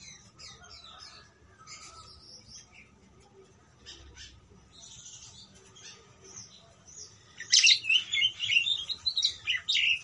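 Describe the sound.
Parakeet twittering: faint scratchy chirps for several seconds, then a sudden loud run of warbling, squeaky notes toward the end.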